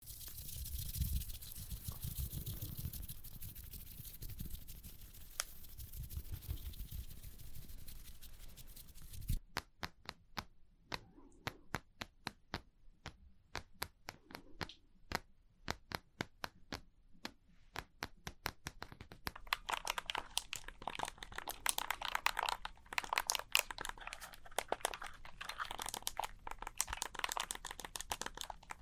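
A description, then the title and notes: Wooden cubes are handled with a dense, rustling scrape for the first nine seconds. After that come crisp taps in an uneven rhythm, sparse at first and then quicker and brighter from about twenty seconds on. Wooden cube tapping.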